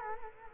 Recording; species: mosquito wingbeat signal from an infrared sensor; Culex quinquefasciatus